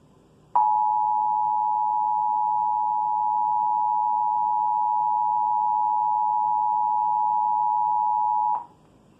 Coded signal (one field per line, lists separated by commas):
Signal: Emergency Alert System (SAME) tones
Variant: 853 and 960 Hz attention tone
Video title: EAS #336: Required Monthly Test - Indiana (6/18/2020) (Comcast)